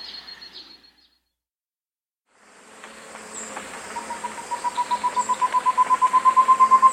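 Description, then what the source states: Short-tailed antthrush song beginning after a pause, with fast hollow notes building steadily in loudness. Soft high chirps repeat every second or two. South America.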